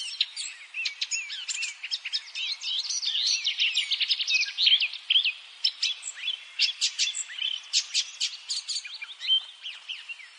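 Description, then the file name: Eurasian blackcap delivering a continuous, dense warble of rapid clicks, chirps and short whistles, with no real break. "Sylvia atricapilla"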